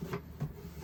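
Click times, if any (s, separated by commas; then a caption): none. A modified waste bin is handled as it drops into its slot in a small cabinet frame, giving two brief bumps at about 0.1 s and 0.4 s over a low steady background hum. The bin is not yet home, and nothing has seated or clicked yet.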